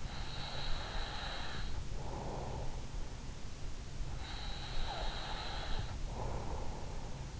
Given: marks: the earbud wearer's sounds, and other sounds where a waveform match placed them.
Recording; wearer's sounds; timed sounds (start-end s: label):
sounds in sleep by an in-ear microphone; breath
0.00-3.26 s: breath
4.31-7.22 s: breath